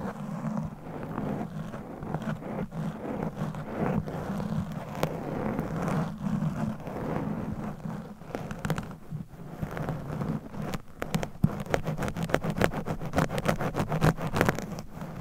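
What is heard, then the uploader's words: Claw-like scratching rubs directly against a microphone in a dense, continuous scrape. A low rumbling hum runs underneath throughout, and sharp crackling ticks and snaps grow more frequent and bright in the second half, clustering after about ten seconds. ASMR Mic Scratching - Brain Scratching with Claws. No Talking.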